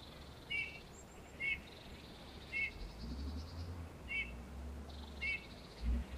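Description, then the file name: Eurasian Bullfinch calls, five soft short piping notes at uneven intervals over a low background rumble. "Pyrrhula pyrrhula"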